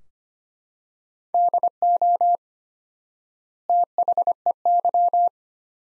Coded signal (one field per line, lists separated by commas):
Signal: Morse code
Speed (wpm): 25 wpm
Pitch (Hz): 700 Hz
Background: none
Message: DO THEY